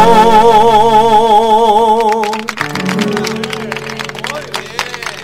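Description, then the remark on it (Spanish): A sung melody with wavering, sustained notes ends, and the people present break into steady applause after the song, many hands clapping in a dense, irregular patter that carries on to the end. “Excelente, ahí aplaudimos todos los que estamos acá con piernas, con manos, con todo.”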